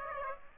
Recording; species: mosquito wingbeat signal from an infrared sensor; Aedes aegypti